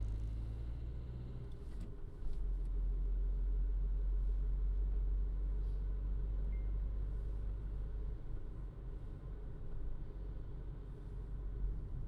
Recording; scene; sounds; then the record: everyday scene through a hearing-aid microphone; in a vehicle; engine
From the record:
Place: Berlingo II, diesel engine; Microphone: in the ear canal, left